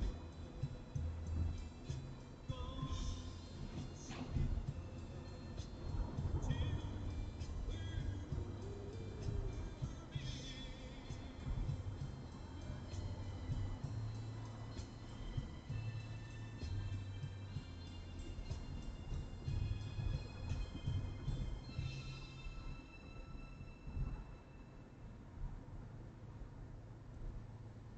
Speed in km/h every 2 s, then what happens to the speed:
83, 83, 83, 86, 88, 90, 90, 89, 85, 82, 80, 78, 77, 77.
0-13 steady at about 86. 13-22 slows to 78. 22-28 steady at about 77.